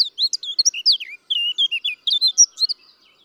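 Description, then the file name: Eurasian blackcap song, a brisk run of clear slurred whistles and chirps that dip and rise, with a short pause partway through. "Sylvia atricapilla"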